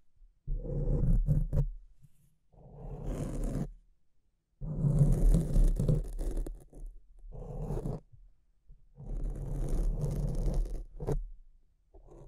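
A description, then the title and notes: A microphone is scratched and rubbed in uneven bursts, each lasting one to two seconds with short silent gaps between them. The rubbing is mostly a low, rough rumble, with sharp crackles and clicks poking through on top. The longest, loudest stretch comes around the middle. ASMR Brain Melting Mic Scratching (No Talking).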